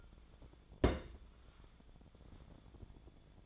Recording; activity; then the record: daily activity, microphone in the room; place on stove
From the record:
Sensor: 5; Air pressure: 1000.0 hPa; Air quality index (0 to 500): 100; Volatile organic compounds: 1 ppm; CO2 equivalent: 811 ppm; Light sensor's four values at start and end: 325/768/334/374 and 329/770/337/379